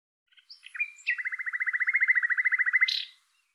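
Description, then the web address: Bird singing a few opening chirps and one steady note, then a long, evenly pulsed trill lasting about two seconds, ending on a short high burst. "Deverinetal 2025"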